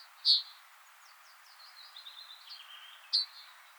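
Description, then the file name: Eurasian blue tit calls: two sharp, high chips about three seconds apart, with a faint, thin twittering series of soft notes between them and a steady background hiss. "Cyanistes caeruleus"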